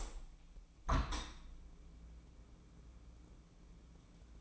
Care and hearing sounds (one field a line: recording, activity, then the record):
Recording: daily activity, microphone in the room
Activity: open window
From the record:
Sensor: 1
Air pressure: 1012.4 hPa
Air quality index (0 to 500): 169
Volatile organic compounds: 3 ppm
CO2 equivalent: 1378 ppm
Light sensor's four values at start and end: 244/556/248/273 and 241/549/244/270